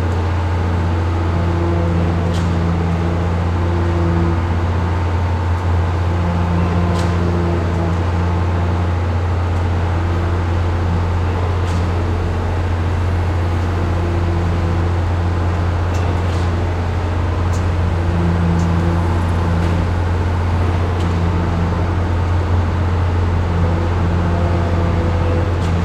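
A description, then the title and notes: A cement truck's engine drones in a steady low hum, with a faint pulsing rumble and a few sharp clicks scattered throughout. Industrious Sounds of the Cement Truck.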